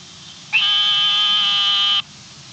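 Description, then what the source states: Narrow-mouthed frog giving a single long, steady tone lasting about one and a half seconds, rich in stacked harmonics, starting with a brief upward slide, over a quiet background. Frog of the family Microhylidae.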